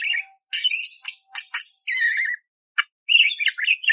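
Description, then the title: Budgerigar warble of harsh, buzzy chatter phrases mixed with squeaky notes, broken by short silences and a single sharp click. Clear, active budgerigar singing coarse 'tembakan' fills, used as training song for magpie-robins. "Masteran Burung Parkit Gacor Jernih Isian Tembakan Kasar Cocok Buat Kacer"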